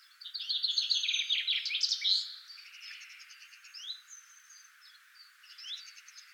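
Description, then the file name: Common chaffinch song, one loud rapid descending trill ending in a flourish, followed by fainter high twittering and slurred whistles. "Fringilla coelebs"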